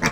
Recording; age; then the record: pig call; piglet (1 to 25 days)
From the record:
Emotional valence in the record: positive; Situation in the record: reunion after long isolation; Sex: female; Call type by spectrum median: low-frequency call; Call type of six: low-frequency tonal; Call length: 0.12 s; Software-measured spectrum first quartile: 490 Hz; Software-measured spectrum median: 1425 Hz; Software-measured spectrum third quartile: 2737 Hz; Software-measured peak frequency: 235 Hz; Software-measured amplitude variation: 141 dB a second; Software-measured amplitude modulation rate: 4.2 a second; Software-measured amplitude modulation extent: 33.4 dB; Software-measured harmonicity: -0.8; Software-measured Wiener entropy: -0.97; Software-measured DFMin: 680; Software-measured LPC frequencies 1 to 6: 1063, 1804, 2305, 3610, 4748, 5722 Hz